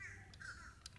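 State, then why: Seated. A plastic wheelie bar set to its third level is pushed onto the rear mounting tabs of an RC truck, giving a sharp click at 0.9 s as it locks into place nice and firm. Quieter ticks come at 0.3 s and 1.0 s, with a steady background hum throughout. The wheelie bar is seated.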